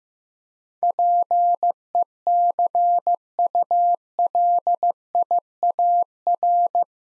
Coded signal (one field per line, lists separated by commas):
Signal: Morse code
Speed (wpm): 15 wpm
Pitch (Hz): 700 Hz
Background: none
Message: PECULIAR